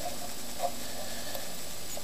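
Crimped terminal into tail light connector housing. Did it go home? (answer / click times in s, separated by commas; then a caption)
no / none. A crimped terminal for pin 1, the ground, is handled at the back of a plastic tail light connector housing on a Tiguan, where it is meant to slide in until its locking tang clicks. Only a steady low hiss is heard, with a faint soft tick near 0.6 seconds. Nothing has seated or clicked yet.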